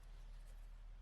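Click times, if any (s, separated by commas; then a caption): none. An engine sensor connector on short wiring is handled as it is pushed up toward its sensor on a Honda VTEC B-series engine swapped into a 1963 Mini Cooper. Only a steady low hum with faint handling noise is heard, with no sharp transients. Nothing has seated or clicked yet by the end of the clip.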